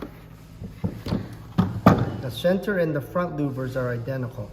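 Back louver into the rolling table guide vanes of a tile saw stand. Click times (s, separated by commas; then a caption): 1.9 s. The flat back louver of an iQTS244 / iQMS362 tile saw stand's rolling table is set on the guide vanes and slid down with a few soft knocks. It snaps into its seat with a sharp click at 1.9 s, seated in place. Someone talks throughout.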